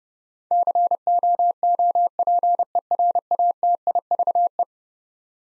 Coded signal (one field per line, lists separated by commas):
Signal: Morse code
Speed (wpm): 30 wpm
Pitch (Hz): 700 Hz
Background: none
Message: COOPERATIVE